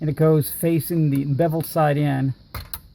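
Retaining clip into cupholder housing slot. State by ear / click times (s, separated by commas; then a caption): seated / 2.7 s. Someone talks while pushing the second plastic retaining clip, bevel side facing in, into its slot in the cupholder housing of a 2002 Audi A4 (B6) during a cupholder replacement. A short sharp click is heard at 2.7 s, just after a brief tick, and the clip is seated.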